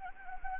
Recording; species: mosquito wingbeat signal from an infrared sensor; Anopheles gambiae